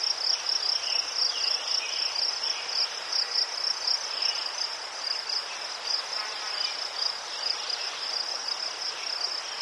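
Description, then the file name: Steady high-pitched cricket trill, finely pulsed and unbroken, while a few birds call softly in the background over a low hush. Crickets in a forest, with birds and a distant river. "les sverchki ptici i shum reki vdaleke"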